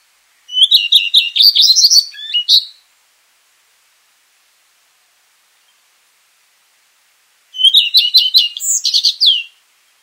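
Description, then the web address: Redstart song: two short bursts of high, rapid twittering, each opening with clear notes then breaking into a jumbled, scratchy flourish; background otherwise silent. 11 June 2026 at 04:00. "Sounds redstart 20260611 0400"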